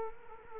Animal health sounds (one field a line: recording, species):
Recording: mosquito wingbeat signal from an infrared sensor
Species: Culex quinquefasciatus